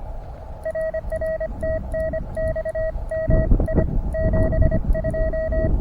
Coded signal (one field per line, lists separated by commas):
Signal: Morse code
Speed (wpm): 25 wpm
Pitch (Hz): 640 Hz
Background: none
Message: RR TNX MI 72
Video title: QRP POTA Antenna Shootout! POTAPREformer vs. 29' EFRW - RBN Tested.